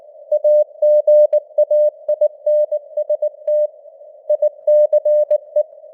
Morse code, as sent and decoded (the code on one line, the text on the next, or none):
.- --. .- .. -. ... - / .. -.-. .
AGAINST ICE